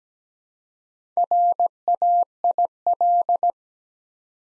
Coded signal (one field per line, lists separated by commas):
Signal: Morse code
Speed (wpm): 17 wpm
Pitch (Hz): 700 Hz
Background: none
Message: RAIL